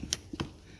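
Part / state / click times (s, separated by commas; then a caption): spark plug wire terminal onto distributor cap post / seated / 0.1 s. A freshly made spark plug wire end for a 1966 Pontiac Catalina Wagon is pushed onto a distributor cap terminal standing in for a spark plug, and the metal terminal snaps over it, held by the black retainer. A sharp snap at 0.1 s shows the boot is seated, followed by a softer click at 0.4 s.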